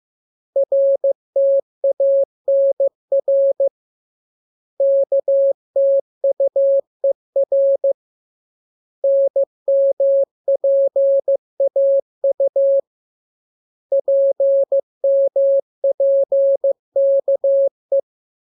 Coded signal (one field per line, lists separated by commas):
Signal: Morse code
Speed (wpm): 15 wpm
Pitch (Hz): 550 Hz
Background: none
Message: RTANR KTUER NMPAU PMPKE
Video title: Learning Morse Code. Lesson 9. Letter KMURESNAPT